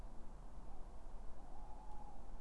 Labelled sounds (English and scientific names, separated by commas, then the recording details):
Tawny Owl (Strix aluco)
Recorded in Germany
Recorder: ecoPi